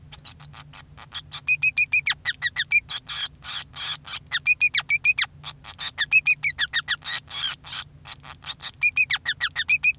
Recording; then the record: song of a male Bengalese finch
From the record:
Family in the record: son of father 5